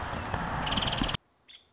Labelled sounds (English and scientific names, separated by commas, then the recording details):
Nuttall's Woodpecker (Dryobates nuttallii)
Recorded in Sonoma County, California